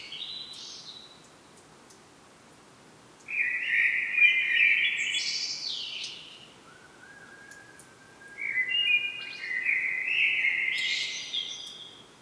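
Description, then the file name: Common blackbird giving two rich warbled phrases separated by a short pause, each climbing into high thin twitters, against quiet background noise. "Turdus merula"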